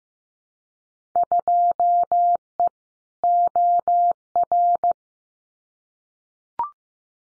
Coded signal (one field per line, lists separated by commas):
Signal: Morse code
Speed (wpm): 15 wpm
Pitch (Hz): 700 Hz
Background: none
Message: 2E OR